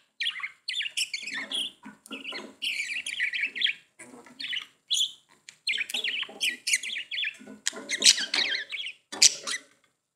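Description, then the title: Budgerigar warbling chatter, a near-continuous stream of rapid scratchy chirps and squeaks broken by short pauses. "Budgie Sounds"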